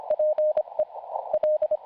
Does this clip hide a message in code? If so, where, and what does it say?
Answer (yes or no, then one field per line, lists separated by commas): yes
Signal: Morse code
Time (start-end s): 0.1-1.8 s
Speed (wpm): 25 wpm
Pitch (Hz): 610 Hz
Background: none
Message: PE L